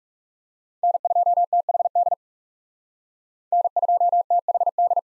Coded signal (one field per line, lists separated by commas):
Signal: Morse code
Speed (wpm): 36 wpm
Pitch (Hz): 700 Hz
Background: none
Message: N2THD N2THD